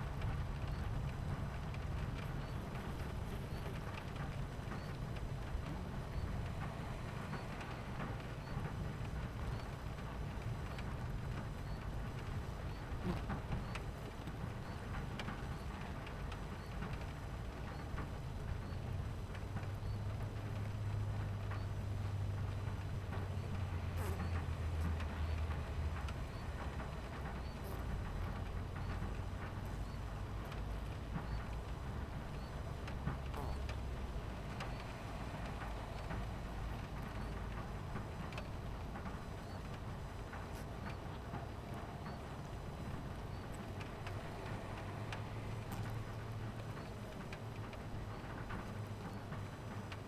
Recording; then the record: honeybee colony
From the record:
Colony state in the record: missing queen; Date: 14 July 2017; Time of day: 11:48